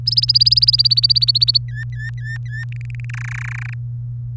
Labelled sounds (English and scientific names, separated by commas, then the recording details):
Domestic Canary (Serinus canaria) song
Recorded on 24 April 2018 at 18:07
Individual llb3